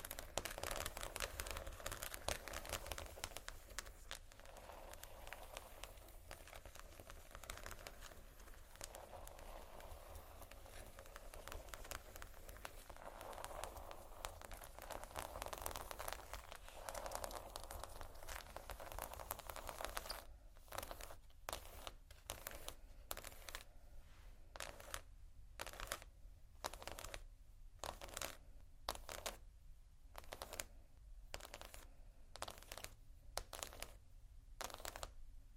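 Slow scratching on textured surfaces fills the first twenty seconds with a dense, dry, crackly rasp that swells and eases. After that it turns to rhythmic tapping, crisp bright strikes coming in quick bursts roughly every second, with a faint low hum underneath.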